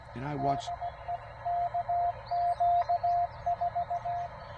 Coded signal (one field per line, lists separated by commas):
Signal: Morse code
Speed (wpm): 18 wpm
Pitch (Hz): 700 Hz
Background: speech, radio noise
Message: DE KQ4